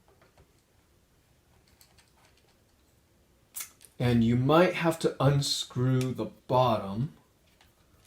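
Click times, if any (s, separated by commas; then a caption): none. A DSLR camera's quick-release plate is handled and lined up with the mount of a DJI Ronin-SC gimbal, with faint ticks and handling knocks over the first few seconds. Then someone talks. The plate has not clicked or seated into the gimbal mount yet.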